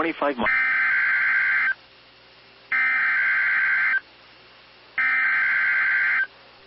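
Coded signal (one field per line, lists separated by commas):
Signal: Emergency Alert System (SAME) tones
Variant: header bursts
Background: speech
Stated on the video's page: Severe thunderstorm and flash flood warning EAS alerts captured from a live stream.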